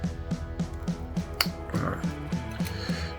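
A plastic peg on the right-shoulder part of a model robot kit, which had been badly fitted and not fully inserted, is pressed home into its socket. Over steady background music and someone talking, a sharp plastic snap is heard at 1.4 s. The peg is confirmed seated.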